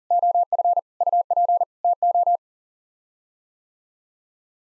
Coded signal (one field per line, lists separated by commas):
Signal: Morse code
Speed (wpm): 40 wpm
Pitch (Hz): 700 Hz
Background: none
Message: OF UP TO